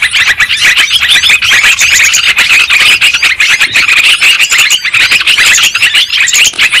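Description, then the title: Shrill lovebird chatter, rapid overlapping twittering and squeaks forming a steady, busy, high-pitched wall of sound. Lure recording of lovebird calls, used to attract birds for trapping. "PIKAT BURUNG LOVEBIRD"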